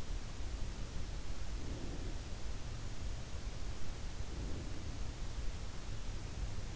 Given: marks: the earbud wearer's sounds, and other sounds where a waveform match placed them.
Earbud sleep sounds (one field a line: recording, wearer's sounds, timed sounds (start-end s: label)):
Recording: sounds in sleep by an in-ear microphone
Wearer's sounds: breath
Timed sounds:
1.23-2.66 s: breath
4.09-5.43 s: breath